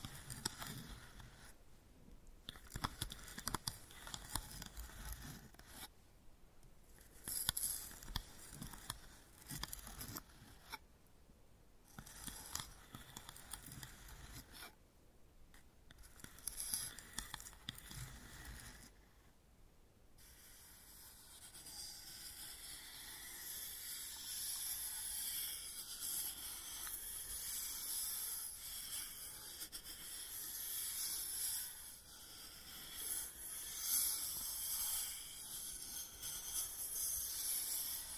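Wooden ball triggers make bright, scratchy bursts with short pauses for twenty seconds, then a steady, dense hissing rustle continues to the end.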